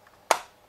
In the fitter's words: so listen out for the click